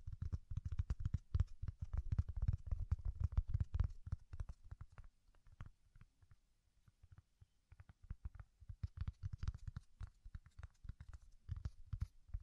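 Soft, fluffy ear-tingle triggers: dense low thumping rubs and scratchy brushes, busy at first, thinning around six seconds, then returning.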